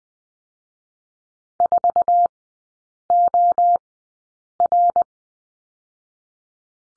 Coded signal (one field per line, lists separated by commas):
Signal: Morse code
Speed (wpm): 20 wpm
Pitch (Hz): 700 Hz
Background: none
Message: 4OR